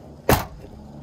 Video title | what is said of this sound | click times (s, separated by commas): RV Video | i'm going to open this for you super easy and it clicks right in place | 0.3 s